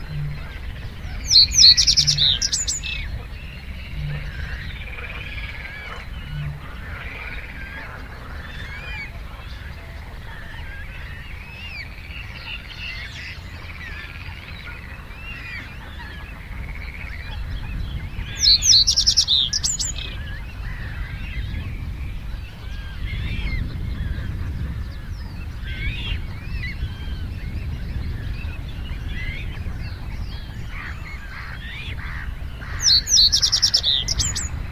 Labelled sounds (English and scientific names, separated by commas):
Reed Bunting (Emberiza schoeniclus) song